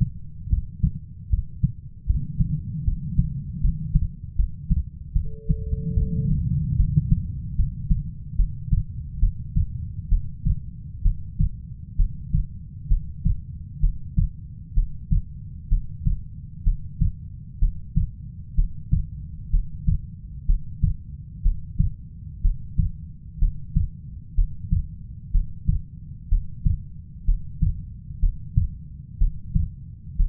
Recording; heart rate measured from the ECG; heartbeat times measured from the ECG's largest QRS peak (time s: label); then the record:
heart sounds by stethoscope; 67 bpm
0.49 s: heartbeat
1.30 s: heartbeat
2.06 s: heartbeat
2.84 s: heartbeat
3.61 s: heartbeat
4.36 s: heartbeat
5.13 s: heartbeat
5.94 s: heartbeat
6.76 s: heartbeat
7.56 s: heartbeat
8.36 s: heartbeat
9.19 s: heartbeat
10.09 s: heartbeat
11.02 s: heartbeat
11.96 s: heartbeat
12.88 s: heartbeat
13.80 s: heartbeat
14.74 s: heartbeat
15.69 s: heartbeat
16.64 s: heartbeat
17.59 s: heartbeat
18.55 s: heartbeat
19.50 s: heartbeat
20.46 s: heartbeat
21.42 s: heartbeat
22.42 s: heartbeat
23.39 s: heartbeat
24.35 s: heartbeat
25.31 s: heartbeat
26.29 s: heartbeat
27.25 s: heartbeat
28.20 s: heartbeat
29.18 s: heartbeat
30.16 s: heartbeat
From the record:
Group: healthy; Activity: rest 0-5 s, breath hold 5-30 s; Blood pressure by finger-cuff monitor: 137/67 mmHg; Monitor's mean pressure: 87 mmHg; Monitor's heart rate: 64 bpm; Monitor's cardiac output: 5.7 L/min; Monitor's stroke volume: 90 mL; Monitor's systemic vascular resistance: 1100 dyn s/cm5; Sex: female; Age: 37 years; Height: 168 cm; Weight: 70 kg